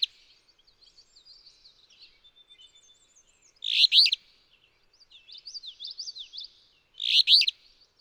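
Alder flycatcher song: two buzzy, raspy phrases about three seconds apart, with soft high twittering notes between them.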